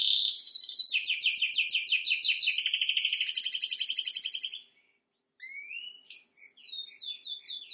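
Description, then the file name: Canary song: a long run of rapid buzzy trills and rolling tours high in pitch, then a brief pause and scattered sharp rising and falling chirps. "Canary Voice"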